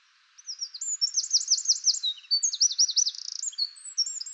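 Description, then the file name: Eurasian wren song, very high and hurried: two bursts of rapid looping trills separated by a short pause, then thin high whistles. "Troglodytes troglodytes"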